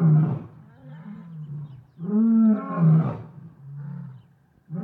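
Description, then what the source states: Lion giving a deep moaning roar, a long swelling call near the middle flanked by lower grunts and a softer trailing grunt near the end. Lions in savannah.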